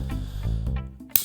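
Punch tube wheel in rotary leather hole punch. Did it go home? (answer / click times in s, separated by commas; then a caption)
yes / 1.2 s. The selector wheel of a rotary leather hole punch is turned until the chosen punch tube locks into its detent. A steady, low tonal hum runs underneath until a single sharp, loud click at 1.2 s. The tube seats into position.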